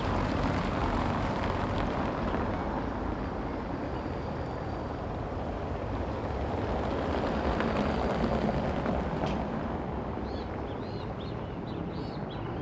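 A railway bridge over a city avenue, heard as a dense, steady roar of heavy vehicles that stays at one loud level throughout. The rumble sits low. Near the end, a few short, bright chirps rise above it.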